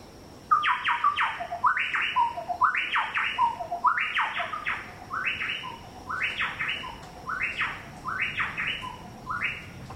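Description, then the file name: Chowchilla calls, loud repeated ringing phrases of rising and falling notes, starting abruptly and continuing steadily in overlapping bursts. "Orthonyx Spaldingii"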